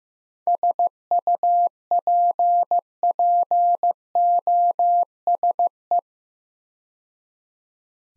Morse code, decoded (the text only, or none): SUPPOSE